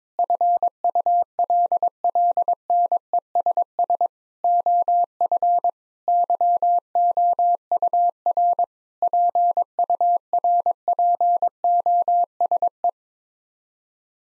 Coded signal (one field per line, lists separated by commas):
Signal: Morse code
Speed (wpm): 22 wpm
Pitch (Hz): 700 Hz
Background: none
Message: FULLNESS OF YOUR PURPOSE